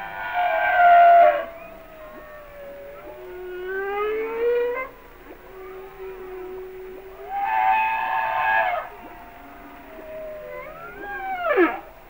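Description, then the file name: Humpback whale song: bright harmonic cries alternating with long gliding whistles, some rising, others falling, spread over twelve seconds. "Sounds of Nature - Humpback Whales"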